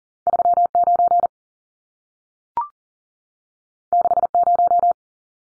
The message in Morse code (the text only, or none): 39 60